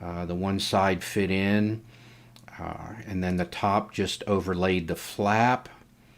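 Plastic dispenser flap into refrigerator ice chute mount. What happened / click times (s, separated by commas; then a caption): Handled, not yet seated: no snap yet; the flap is still being fitted / none. Someone talks while fitting a repaired plastic ice dispenser flap into its mount on a Samsung refrigerator ice chute during a test fit, with one side going in first. No clear click stands out over the speech, and nothing has seated or clicked yet.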